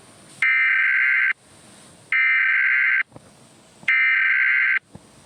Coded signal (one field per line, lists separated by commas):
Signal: Emergency Alert System (SAME) tones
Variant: header bursts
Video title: EAS Mockery:World War Z